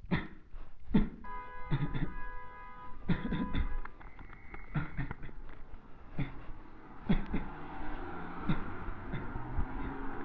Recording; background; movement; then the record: voluntary coughing; traffic; walking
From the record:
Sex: male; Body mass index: 23.7 kg/m2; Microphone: on the chest, facing the body